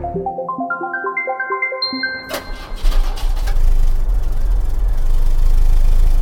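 A quick run of rising electronic beeps gives way to a car engine cranking and catching, then settling into a loud, steady low rumble as it keeps running.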